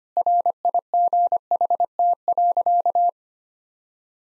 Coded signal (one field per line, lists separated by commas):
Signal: Morse code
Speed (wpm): 25 wpm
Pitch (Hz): 700 Hz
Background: none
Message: RIGHT.